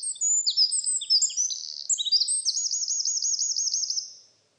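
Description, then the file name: Eurasian wren singing a rapid cascade of piercing high notes that ends in a long, even, rippling trill before fading out. "Troglodytes troglodytes"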